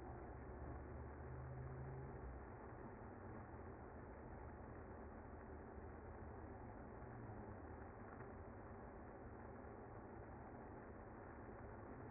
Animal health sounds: honeybee colony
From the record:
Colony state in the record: active

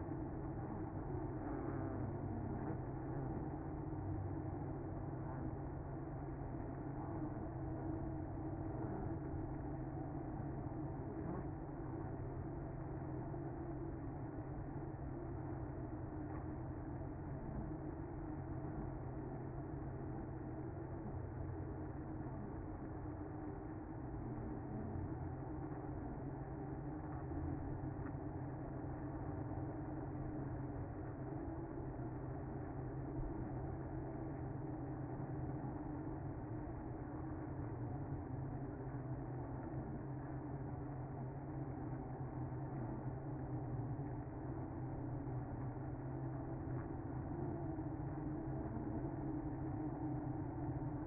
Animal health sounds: honeybee colony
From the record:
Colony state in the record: active

